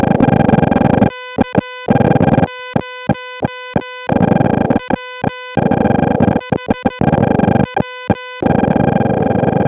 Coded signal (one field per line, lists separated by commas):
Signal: Morse code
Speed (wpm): 14 wpm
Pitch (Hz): 2000 Hz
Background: music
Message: K0WHW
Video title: KH-1 Intro, KHLog1 Tray Pages, and Impromptu CW